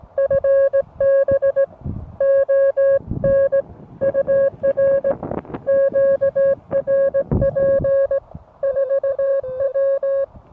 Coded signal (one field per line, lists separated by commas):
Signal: Morse code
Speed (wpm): 17 wpm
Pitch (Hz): 550 Hz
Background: music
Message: FB ON UR QRP 4W